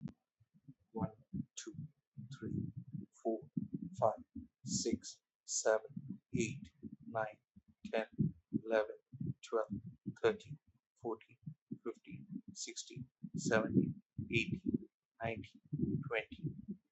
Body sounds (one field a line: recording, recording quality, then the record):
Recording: counting at a normal pace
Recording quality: moderate, slight background noise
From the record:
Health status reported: healthy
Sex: male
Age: 39 years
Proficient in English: yes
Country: India